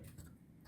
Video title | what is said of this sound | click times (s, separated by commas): REF Replace Main PCB on Top of Unit | and you heard it snap and it's under our three tabs on the back | 0.2 s